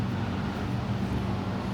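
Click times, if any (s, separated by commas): none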